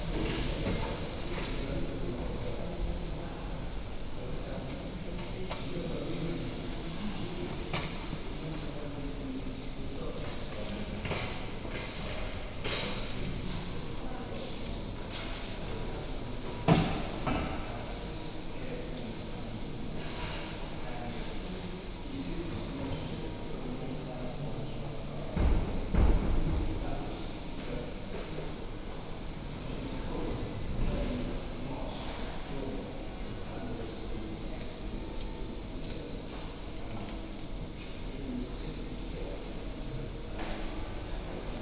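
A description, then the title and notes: Footsteps move through the University Church of St. Mary the Virgin, down the aisle into the nave and back along the north corridor, over a steady murmur of voices. Occasional sharp knocks stand out, loudest near 17 and 26 seconds. Walking inside University Church of St. Mary the Virgin. Down the aisle and into the Nave, back along the north corridor, and out on High Street.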